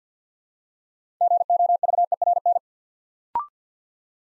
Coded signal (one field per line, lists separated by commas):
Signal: Morse code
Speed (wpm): 48 wpm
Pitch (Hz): 700 Hz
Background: none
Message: GOVERN